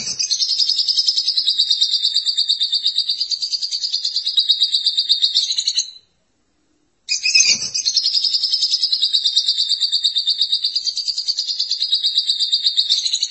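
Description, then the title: Lovebird song, two long stretches of high rapid buzzy trilling, each about six seconds, split by a short silence. "Suara Burung Lovebird"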